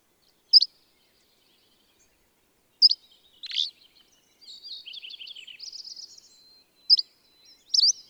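Bird song: spaced sharp high chirps, a harsh buzzy note, a long stretch of rapid twittering trills, then more chirps.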